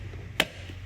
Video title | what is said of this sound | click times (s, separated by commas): Cabin/Engine Air Filter - Russ Darrow Metro Mazda | you can hear that click and then you lift this up and inside you are going to find | 0.4 s